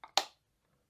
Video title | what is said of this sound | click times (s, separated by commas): Diamond Art Club First Look Unboxing - Beyond Hanna's Gate! | hear that click it actually locks so the lid is locked on the tray | 0.2 s